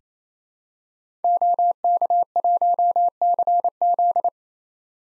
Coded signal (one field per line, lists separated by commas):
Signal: Morse code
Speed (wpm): 28 wpm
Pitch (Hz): 700 Hz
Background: none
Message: OK1CZ